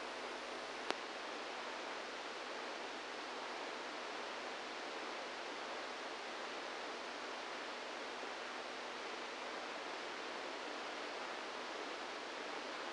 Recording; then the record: brain microelectrode recording played as sound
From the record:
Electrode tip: inside the subthalamic nucleus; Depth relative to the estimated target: -1 mm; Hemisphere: right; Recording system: NeuroSet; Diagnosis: Parkinson's disease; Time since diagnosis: 27 years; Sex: male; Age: 62 years